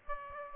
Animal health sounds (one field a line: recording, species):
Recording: mosquito wingbeat signal from an infrared sensor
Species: Aedes aegypti